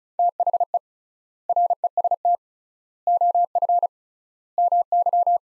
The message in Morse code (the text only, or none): THE REST OF MY